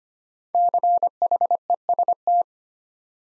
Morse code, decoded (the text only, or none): CHEST